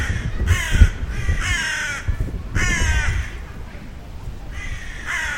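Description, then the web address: Bird calls, several harsh, grating caws, with low rumbling and a few thuds underneath. "Deverinetal 2025 File origin Bird Only"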